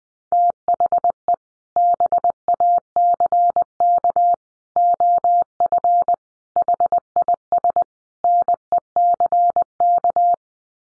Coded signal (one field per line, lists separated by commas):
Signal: Morse code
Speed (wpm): 19 wpm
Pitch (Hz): 700 Hz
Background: none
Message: THE BACK OF HIS NECK